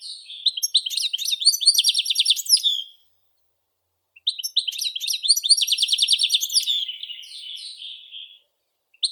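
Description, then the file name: European goldfinch song in two long phrases of rapid, bright twittering and buzzy trills, split by a clear pause. "Golosa ptic - CSHegol Carduelis carduelis"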